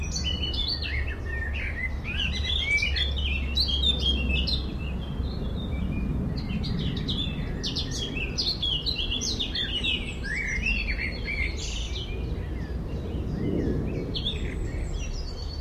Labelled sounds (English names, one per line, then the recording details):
Eurasian Blackcap
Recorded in the wild
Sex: male
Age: adult
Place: Friedhof Niederschönhausen III, Berlin, DE
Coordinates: 52.62, 13.46
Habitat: Stadtfriedhof
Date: 1994-05-12
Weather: sonnig, böiger Wind, 12-14°C
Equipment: Marantz CP 430, Sennheiser ME 80, Kopie Uher Variocord 263
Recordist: Tembrock, Günter